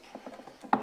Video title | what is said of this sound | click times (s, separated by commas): Vatrer Power 36V Lithium Upgrade For EZ GO TXT | heard that nice click when it went together | 0.7 s